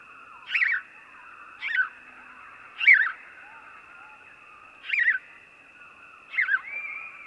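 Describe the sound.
House sparrow chirping: five short, harsh chirps spaced a second or more apart, over a steady faint high-pitched tone.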